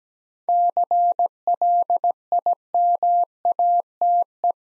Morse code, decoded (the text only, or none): CLIMATE